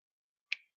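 An airflow section is pushed into a metal rebuildable atomizer with its airflow holes lined up. After silence, a single short, sharp, bright click sounds at 0.5 s and quickly fades. The section clicks into place and is seated.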